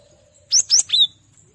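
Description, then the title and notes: Cinereous tit singing three loud, piercing whistled notes in quick succession, with a faint steady background hum. Training recording (masteran) for cage birds. "Gelatik Batu. burung gelatik"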